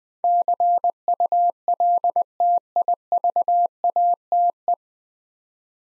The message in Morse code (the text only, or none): CULTIVATE